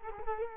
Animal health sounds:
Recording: mosquito wingbeat signal from an infrared sensor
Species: Culex quinquefasciatus

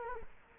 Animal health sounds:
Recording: mosquito wingbeat signal from an infrared sensor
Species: Culex quinquefasciatus

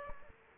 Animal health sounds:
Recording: mosquito wingbeat signal from an infrared sensor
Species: Aedes aegypti

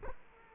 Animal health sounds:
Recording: mosquito wingbeat signal from an infrared sensor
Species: Culex quinquefasciatus

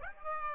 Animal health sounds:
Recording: mosquito wingbeat signal from an infrared sensor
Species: Aedes aegypti

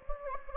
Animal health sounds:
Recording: mosquito wingbeat signal from an infrared sensor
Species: Anopheles gambiae

